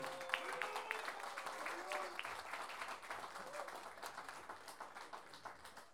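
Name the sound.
audience applause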